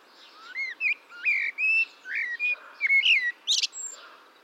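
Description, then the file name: Eurasian blackbird song: a run of mellow, fluted whistles rising and falling, ending in a thin, squeaky high flourish. "Turdus merula"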